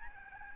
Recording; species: mosquito wingbeat signal from an infrared sensor; Aedes albopictus